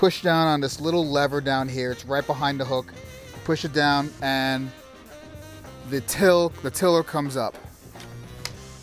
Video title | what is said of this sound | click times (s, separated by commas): GOTRAX XR ELITE COMMUTING ELECTRIC SCOOTER - UNBOXING AND ASSEMBLY | Okay, you should hear a click and you have the red piece. | 8.4 s